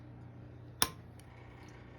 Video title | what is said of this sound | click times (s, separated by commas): WW 2 engine will it run Way out Workshop | there you go, press down and you hear that click and it opens. | 0.8 s